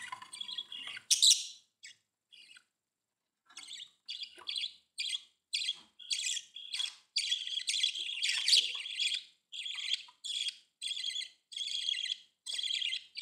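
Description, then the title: Budgerigar chirping, a sharp squeak early, then a short pause and a steady series of buzzy chirps. "Budgie Sounds"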